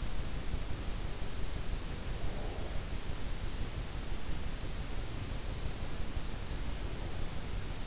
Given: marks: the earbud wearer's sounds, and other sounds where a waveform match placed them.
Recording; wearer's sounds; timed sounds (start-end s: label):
sounds in sleep by an in-ear microphone; breath
1.59-3.63 s: breath